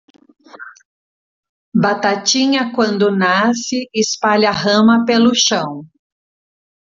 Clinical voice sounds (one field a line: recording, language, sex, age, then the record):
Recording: short text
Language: Brazilian Portuguese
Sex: female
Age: 40 to 49 years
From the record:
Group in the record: control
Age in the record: 47 years